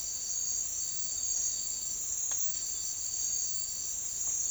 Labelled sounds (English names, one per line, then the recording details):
none
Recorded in secondary vegetation near Puerto Asís, Putumayo, Colombia, on 8 March 2025 at 09:00
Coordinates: 0.499, -76.323
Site G094